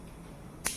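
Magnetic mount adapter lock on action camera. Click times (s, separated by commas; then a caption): 0.7 s. The second side lock of a magnetic quick-release mount adapter on a DJI action camera is pressed closed after one side was found open. A quiet, steady background gives way to a single sharp, bright click at 0.7 s, and the lock engages.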